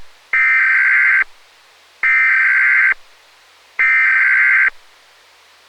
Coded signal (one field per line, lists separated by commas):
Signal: Emergency Alert System (SAME) tones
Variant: header bursts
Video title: EAS Scenario: Animal Mayhem